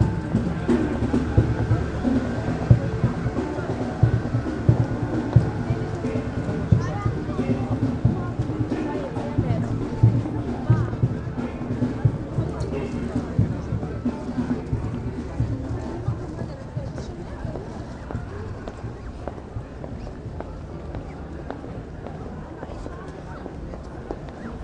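A busy Christmas market in a city centre, with a dense, steady murmur of many voices. Footsteps and small clatters tick through the crowd noise, and a low hum sits underneath. The bustle thins slightly toward the end.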